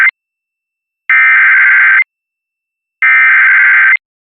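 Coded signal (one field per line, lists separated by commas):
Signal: Emergency Alert System (SAME) tones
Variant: header bursts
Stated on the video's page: Real flash flood warnings issued for Tropical Storm Hilary.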